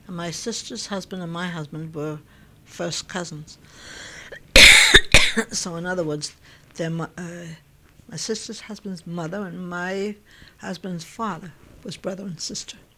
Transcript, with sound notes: And my sister's husband and my husband were first cousins. (she coughs) So in other words, their mo, my sister's husband's mother and my husband's father was brother and sister.